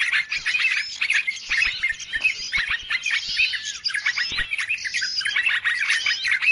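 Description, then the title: Birds chattering in a busy mix of high, quick chirps and twittering notes that overlap continuously with no pause. Lure sound played to attract birds. "Suara Pikat Burung Ribut"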